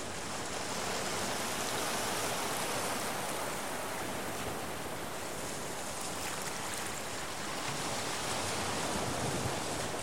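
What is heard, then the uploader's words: Ocean waves wash over rocks in a dense, continuous roar of rushing water with no distinct pauses. The hiss stays bright and fairly steady, swelling slightly around two seconds and again near the end, with fine splashing texture throughout. Sea Cave Ocean Waves. The waves crash over rocks and fill the tide pools.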